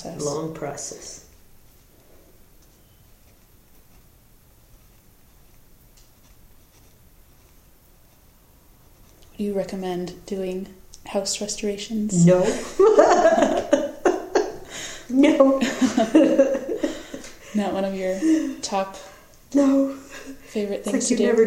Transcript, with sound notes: Long process.
you recommend doing house restorations?
No. [laughter] No.
Not one of your top favorite things to do?